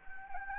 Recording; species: mosquito wingbeat signal from an infrared sensor; Anopheles gambiae